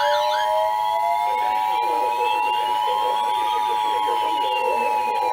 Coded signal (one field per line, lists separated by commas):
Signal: Emergency Alert System (SAME) tones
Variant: 853 and 960 Hz attention tone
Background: speech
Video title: NOAA Radio (EAS # 297-313) SVR's, TOR's, TOA's